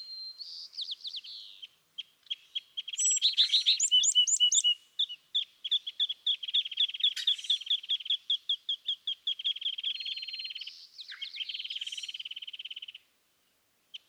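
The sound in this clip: California thrasher song: a varied run of phrases with fast rattling trills and repeated chattering notes, briefly pausing, then another steady trill.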